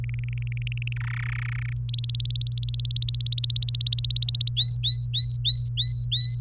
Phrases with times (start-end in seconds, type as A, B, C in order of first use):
0.04-0.93 A, 0.96-1.73 B, 1.89-4.50 C, 4.57-6.40 D